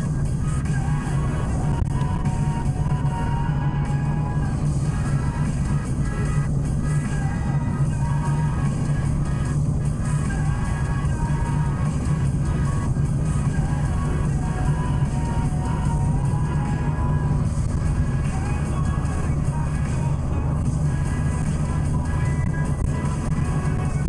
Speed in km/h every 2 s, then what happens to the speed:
59, 61, 61, 62, 62, 63, 65, 66, 68, 70, 71, 73.
0-24 speeds up to 73.